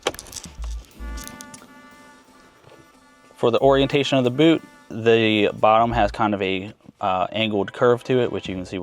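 The outer plastic trim ring of a GR Corolla's shifter is clamped and snapped into place on top of the shift boot in the center console, with a sharp snap at 0.1 s followed by a few lighter clicks. The trim ring is seated. Music then plays as someone talks.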